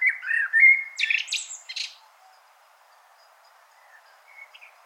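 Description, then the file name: Common blackbird gives one song phrase: a rich fluted opening followed by a burst of high scratchy notes, then near silence with a faint twitter. "Turdus merula"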